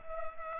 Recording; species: mosquito wingbeat signal from an infrared sensor; Culex pipiens